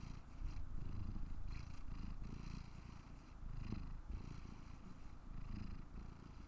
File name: purr 03